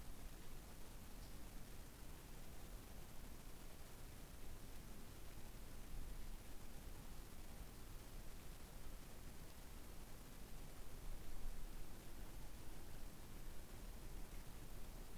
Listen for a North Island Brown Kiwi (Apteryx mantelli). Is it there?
no